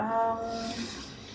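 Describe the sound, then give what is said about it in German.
Warm tap water pours steadily into a casserole pot, a continuous splashing hiss with a faint ringing, tonal resonance in the first half second, and no one speaking. “Da ist einmal warmes Wasser rein.”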